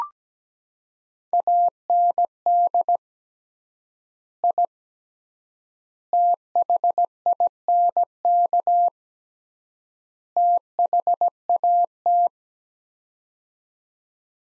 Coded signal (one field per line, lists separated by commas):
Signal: Morse code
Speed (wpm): 17 wpm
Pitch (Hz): 700 Hz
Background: none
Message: AND I THINK THAT